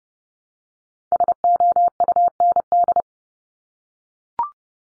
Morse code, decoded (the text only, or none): SOUND